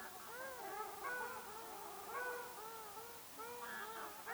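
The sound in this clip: Ruddy shelduck nasal honks, arched harmonic notes from several birds calling over one another in a steady chorus.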